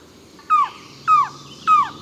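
Mountain trogon calling: three downslurred, slightly hoarse notes, evenly spaced about every 0.6 seconds, over faint background hiss.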